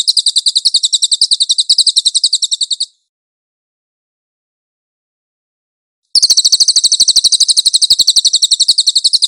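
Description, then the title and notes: Velvet-fronted nuthatch: a quick, high chattering trill for nearly three seconds, a silent gap of about three seconds, then the same rapid trill resumes. Song from a nonstop recording for training cage birds. "MASTER SUARA BURUNG CILILIN. CICILIN"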